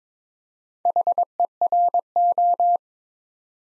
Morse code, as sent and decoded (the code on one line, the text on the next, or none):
.... . .-. ---
HERO